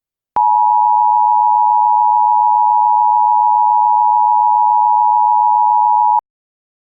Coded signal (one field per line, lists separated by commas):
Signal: Emergency Alert System (SAME) tones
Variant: 853 and 960 Hz attention tone